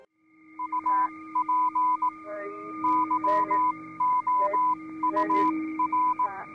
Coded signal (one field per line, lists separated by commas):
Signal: Morse code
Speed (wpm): 18 wpm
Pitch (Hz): 1000 Hz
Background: music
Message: AP YOUR